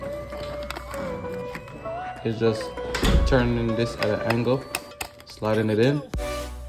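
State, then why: Not seated. The plastic connector of an LED hexagon garage light, being installed to make the garage brighter to work in, is turned at an angle and slid into the adjoining light tube, with light handling taps around 0.7 s and 1.6 s. Someone talks over background music throughout. Nothing has clipped or seated yet by the end of the clip.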